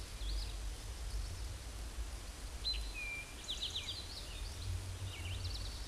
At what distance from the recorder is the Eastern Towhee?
about 55 m